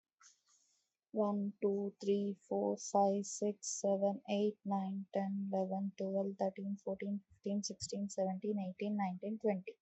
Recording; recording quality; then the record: counting at a normal pace; excellent, no background noise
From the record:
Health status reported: healthy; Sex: female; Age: 32 years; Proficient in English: yes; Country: India